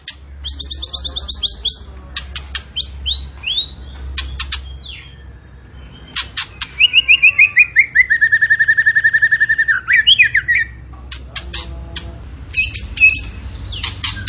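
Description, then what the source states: Tembakan bird delivering a long, slowly falling whistled trill, surrounded by harsh rasping bursts and high chirps, sung energetically. Energetic, full-voiced (gacor) singing used as a master training recording for cage birds.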